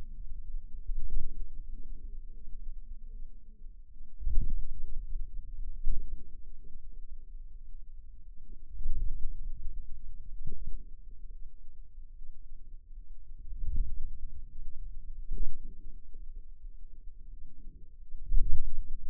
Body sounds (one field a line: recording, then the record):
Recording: forearm muscle sounds (acoustic myography)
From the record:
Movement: ulnar deviation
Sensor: system 2, bracelet of six BSWA MPA416 microphones around the upper forearm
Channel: 5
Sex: female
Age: 23 years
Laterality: right